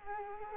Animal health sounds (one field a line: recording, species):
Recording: mosquito wingbeat signal from an infrared sensor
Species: Culex quinquefasciatus